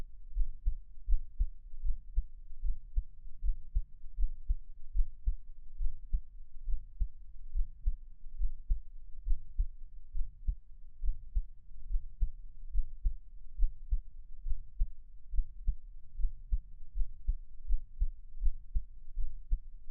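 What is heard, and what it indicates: Close-up of a normal adult heartbeat: steady, low-pitched thumps with no talking.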